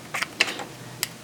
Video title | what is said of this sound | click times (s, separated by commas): Magpul XTM Enhanced Rail panel unboxing & Review | and then you go together like so they snap into place and you | 0.4 s, 1.0 s